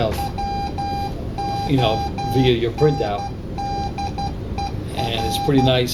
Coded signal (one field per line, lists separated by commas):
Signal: Morse code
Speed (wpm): 12 wpm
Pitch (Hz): 800 Hz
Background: speech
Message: WONDER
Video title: CW (continuous wave ) morse code demo at Kings County Radio Club.